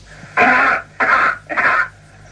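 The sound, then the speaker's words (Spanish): Three harsh, raspy human coughs recorded on Earth, in quick succession, each a short loud burst with brief pauses between, heard alone with no talking. It is the Earth version, compared with how the cough would sound on Mars through the same microphone. “O sea, la primera entrada es la tos en la Tierra.”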